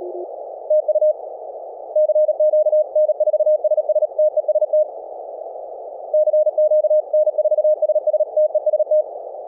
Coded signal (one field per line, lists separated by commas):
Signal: Morse code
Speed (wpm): 37 wpm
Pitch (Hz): 620 Hz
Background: none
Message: TU CQ N4SS TEST CQ N4SS TEST